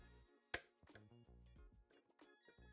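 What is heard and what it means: A torque screwdriver set to 0.6 Nm tightens a backplate screw, one of several driven in a cross pattern, on a graphics card water block. It gives a sharp, loud click at 0.5 s, followed by much fainter ticks, over steady background music. The click marks that the set torque has been reached.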